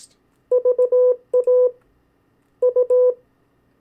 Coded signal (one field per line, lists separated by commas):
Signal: Morse code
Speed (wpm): 18 wpm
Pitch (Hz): 500 Hz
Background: none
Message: VA U